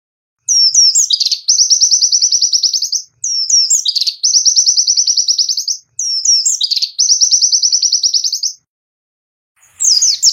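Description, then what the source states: White-eye song: high, rapid trills, each introduced by short slurred notes, in repeated phrases separated by brief pauses. Masteran, a song-training recording for kept birds; white-eye described as gacor (singing constantly) with full tembakan (rapid trill bursts).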